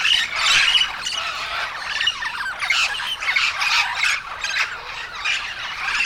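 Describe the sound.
Yellow-shouldered parrots give loud harsh squawks, a few clearer whistled notes at the start, then a continuous jumble of rasping screeches from many birds.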